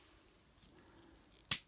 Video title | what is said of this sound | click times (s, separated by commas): Transformers Legacy Deluxe Class Buzzsaw Review | and you can hear it snap it snaps really nicely into place | 1.5 s